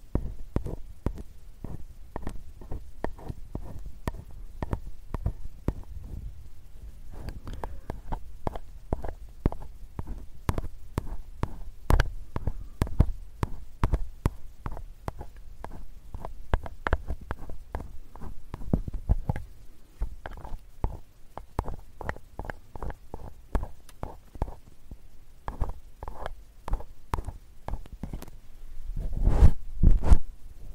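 A metal ear pick is used for ear cleaning, making dense, irregular scraping and tapping clicks that run through the whole recording. The sounds are crisp but have a low thump under them, and they grow louder and busier near the end.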